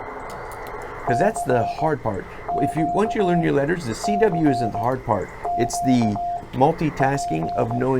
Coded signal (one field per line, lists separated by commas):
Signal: Morse code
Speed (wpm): 18 wpm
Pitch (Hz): 700 Hz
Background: speech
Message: CQ CQ P